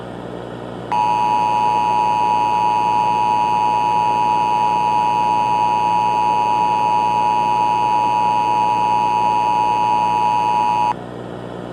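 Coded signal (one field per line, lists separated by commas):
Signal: Emergency Alert System (SAME) tones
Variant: 853 and 960 Hz attention tone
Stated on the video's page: Fictional EAS scenario using valid SAME tones.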